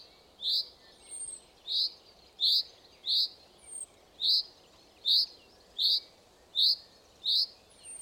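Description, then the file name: Common chaffinch repeating a bright, clipped 'pink'-like call at short intervals, about nine clear notes plus a couple of fainter ones, while faint high thin whistles from another bird sound in the background. "Fringilla coelebs"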